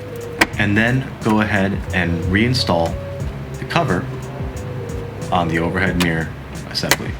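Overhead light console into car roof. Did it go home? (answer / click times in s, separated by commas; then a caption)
yes / 0.4 s. The front overhead light console of a 2010–2016 Mercedes-Benz E350 (W212) is pushed back into the roof liner until its plastic clips snap home with a sharp click at 0.4 s, seating it in the roof. Someone talks throughout over background music.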